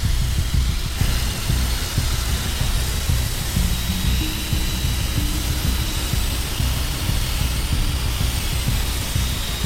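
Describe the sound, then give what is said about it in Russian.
A power drill bores steadily into a door, a loud, unbroken grinding drone with heavy low rumble and a thin high whine running through it for the whole stretch, no voices. “продолжает просверливать дырку в дверях.”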